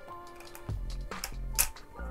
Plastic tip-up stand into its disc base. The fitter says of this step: everything is inserted and snaps into place